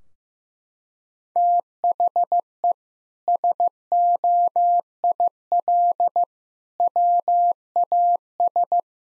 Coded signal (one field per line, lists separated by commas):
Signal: Morse code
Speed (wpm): 15 wpm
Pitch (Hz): 700 Hz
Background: none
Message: THE SOIL WAS